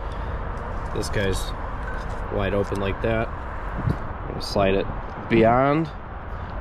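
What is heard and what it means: A part held into its mount by a blue retaining clip, likely on a vehicle, is handled: it is opened wide and slid past its stop while someone talks over a steady background hiss. Nothing has seated or clicked yet.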